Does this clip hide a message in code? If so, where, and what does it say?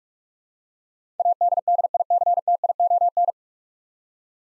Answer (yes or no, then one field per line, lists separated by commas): yes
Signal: Morse code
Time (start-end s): 1.2-3.3 s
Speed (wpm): 41 wpm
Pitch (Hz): 700 Hz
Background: none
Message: ADDICTION